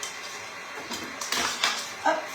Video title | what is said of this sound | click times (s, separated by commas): live du 22 février: Champignons farcis et tarte aux citrons meringuée au Grill ALL CLAD. | il est bien clipsé le dessus | 1.6 s